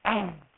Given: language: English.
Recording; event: throat vibration sensor signal played as sound; throat clearing